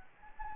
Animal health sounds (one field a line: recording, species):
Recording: mosquito wingbeat signal from an infrared sensor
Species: Anopheles gambiae